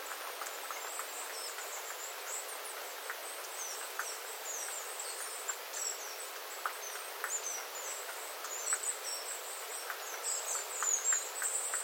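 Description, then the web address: Small birds in a busy flock chattering with many overlapping high, thin calls, while water drips tick steadily underneath. Small flock of birds calling while water drips from the eaves after rain, 9 September 2025. "paivat 9 9 2025 pikkulintuparven aantelya vesi tippuu raystaalta sateen jalkeen"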